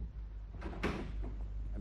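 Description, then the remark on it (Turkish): A door eases shut slowly, with a brief swelling scrape partway through and a few soft, dull knocks trailing after it over a steady low hum. “Kapıyı yavaşça kapat.”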